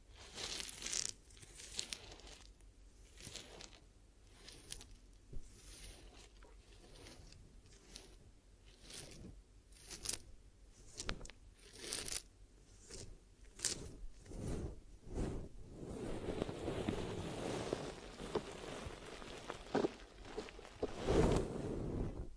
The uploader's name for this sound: Glue Ear Massage and Cleaning